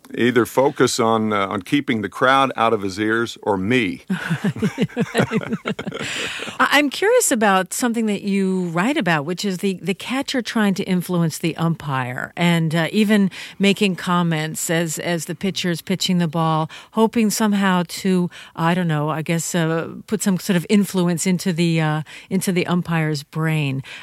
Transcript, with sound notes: Either focus on keeping the crowd out of his ears or me.
(LAUGHTER)
I'm curious about something that you write about, which is the catcher trying to influence the umpire, and even making comments as the pitcher is pitching the ball, hoping somehow to, I don't know, I guess, put some sort of influence into the -- into the umpire's brain.